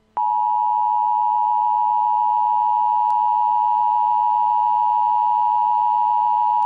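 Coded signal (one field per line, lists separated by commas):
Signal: Emergency Alert System (SAME) tones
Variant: 853 and 960 Hz attention tone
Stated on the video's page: Fictional EAS scenario, not a real alert.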